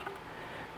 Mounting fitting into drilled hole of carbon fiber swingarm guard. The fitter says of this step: Oh yeah, look at that. That pops right in there and I can't get it out.